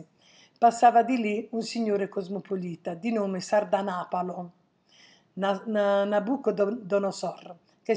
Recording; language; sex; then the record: read passage; Italian; female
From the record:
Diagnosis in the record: healthy control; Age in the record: 69 years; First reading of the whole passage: 57 s, 9.1 characters per second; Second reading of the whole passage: 50 s, 10.4 characters per second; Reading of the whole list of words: 47 s, 6.0 characters per second